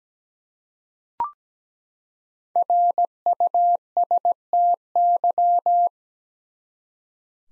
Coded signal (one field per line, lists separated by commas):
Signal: Morse code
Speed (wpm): 17 wpm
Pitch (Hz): 700 Hz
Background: none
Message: RUSTY